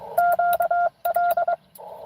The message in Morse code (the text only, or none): QL